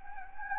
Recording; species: mosquito wingbeat signal from an infrared sensor; Anopheles gambiae